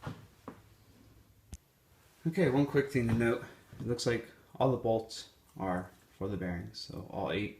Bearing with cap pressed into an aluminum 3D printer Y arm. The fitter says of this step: down and it will snap right in